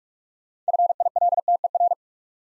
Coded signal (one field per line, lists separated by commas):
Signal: Morse code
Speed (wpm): 44 wpm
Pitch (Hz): 700 Hz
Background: none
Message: FILTER